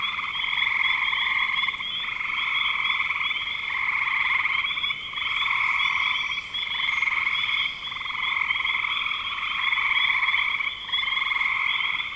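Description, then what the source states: Frog chorus of overlapping pulsed trills running without pause, the massed calling dipping briefly several times before surging back. Frogs recorded in spring 2025.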